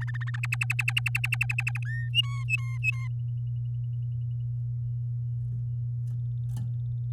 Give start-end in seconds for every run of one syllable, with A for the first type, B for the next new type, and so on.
0.00-0.30 A, 0.34-1.79 B, 1.85-2.09 C, 2.13-3.08 D